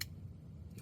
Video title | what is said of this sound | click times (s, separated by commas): Smileloc - CHROME GuidedSMILE Conversion Steps | here make a little noise when they clip into place | 0.0 s